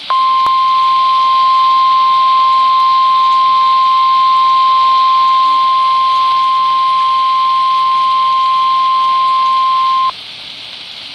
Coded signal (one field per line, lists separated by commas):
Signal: Emergency Alert System (SAME) tones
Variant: 1050 Hz attention tone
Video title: Severe Thunderstorm Warnings (EAS# 1, 2)